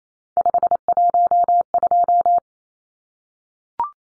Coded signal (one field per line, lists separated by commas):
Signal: Morse code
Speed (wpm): 28 wpm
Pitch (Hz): 700 Hz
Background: none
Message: 512